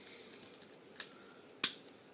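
The other plastic arm of a Transformers Universe 2.0 Voyager Class Autobot Blades action figure is folded into its socket on the plastic body. A soft tick at 1.0 s is followed by a loud, sharp snap at 1.6 s as the arm seats into place, over a faint background hiss.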